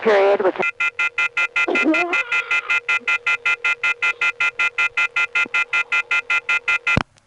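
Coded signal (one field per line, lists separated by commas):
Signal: telephone call progress tone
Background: speech, music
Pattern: off-hook warning tone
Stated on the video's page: Telephone exchange tone from an electronic switching center in Quarryville, Pennsylvania, recorded on a phone trip.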